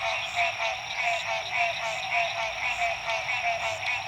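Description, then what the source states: Frogs calling together, rattling pulsed notes swelling and easing in slow waves beneath a steady high tone. Frogs recorded at dusk at La Rue PH, Illinois.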